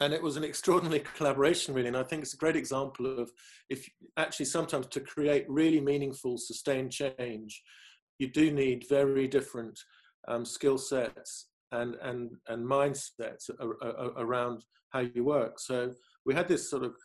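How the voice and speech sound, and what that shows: Adult man who has stammered since childhood, speaking mostly fluently, with a repeated "and, and, and", a stretched sound and brief glottal blocks, consistent with stuttering; he stammers mainly on hard consonants.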